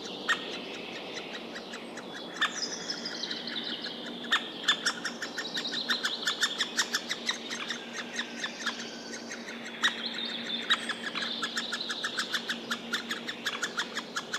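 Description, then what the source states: White-backed Woodpecker begging calls, rapid repeated sharp high chirps in steady runs, with thin drawn-out whistled calls weaving through and a low hum beneath. Nestlings begging with the parent answering; recorded decades ago in late May beside a road in Nastola, Finland, where the rare species once nested.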